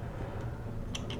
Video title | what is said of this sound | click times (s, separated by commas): MASTER SYSTEM 4" ROLL PAPER BACK ASSEMBLY MANUAL | Boop. Just like that. And you just push down and boop. Clicks into place. | 0.9 s